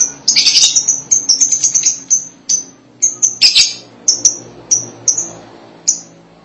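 Lovebird giving rapid runs of piercing high chirps, broken by two short scratchy chatters, then slower single chirps.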